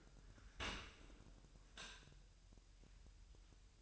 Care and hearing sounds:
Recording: daily activity, microphone in the room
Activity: open dishwasher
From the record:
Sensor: 2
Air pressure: 1000.6 hPa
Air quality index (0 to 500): 247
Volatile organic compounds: 94 ppm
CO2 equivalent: 3717 ppm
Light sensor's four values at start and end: 9/22/9/9 and 9/22/9/9

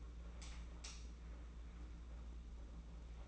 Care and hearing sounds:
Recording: daily activity, microphone in the room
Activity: light on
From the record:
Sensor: 1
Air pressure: 991.9 hPa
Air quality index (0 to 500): 211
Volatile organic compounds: 1000 ppm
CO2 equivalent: 8183 ppm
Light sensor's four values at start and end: 10/22/9/10 and 20/62/25/25

